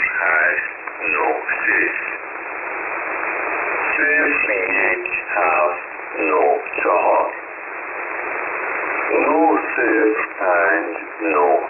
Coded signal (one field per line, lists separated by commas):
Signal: numbers station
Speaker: So again, this is on upper sideband on HF at 7842.